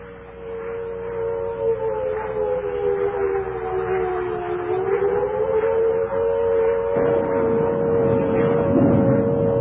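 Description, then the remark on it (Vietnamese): An air raid siren, heard amid rain and wind, wails in a long, sustained tone that sags slightly in pitch and rises again, swelling louder as a rough, rumbling noise joins underneath near the end. “Bỗng tôi chợt nghe lẫn trong tiếng mưa gió, tiếng gì đầu tiên nghe như tiếng sáo diều, rồi mỗi lúc một to dần, để cuối cùng thành tiếng còi hụ báo động.”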